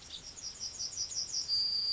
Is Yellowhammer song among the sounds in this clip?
yes